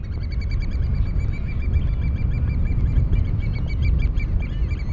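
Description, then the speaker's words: American oystercatcher calls, many sharp piping notes repeated rapidly and overlapping throughout, over a heavy low rumble of surf or wind. Large shorebirds with red beaks used to pry open shellfish; found on beaches of Long Island's South Shore in spring and summer. "This is WSHU's Birdsong Break, and this week's bird is the American oystercatcher."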